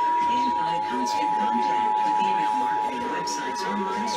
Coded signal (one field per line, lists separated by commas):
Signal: Emergency Alert System (SAME) tones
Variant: 853 and 960 Hz attention tone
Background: speech